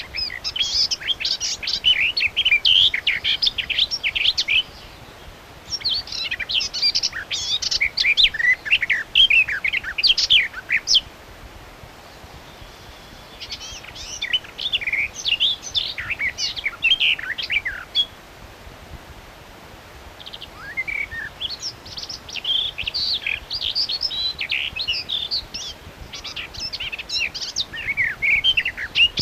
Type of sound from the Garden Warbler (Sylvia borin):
song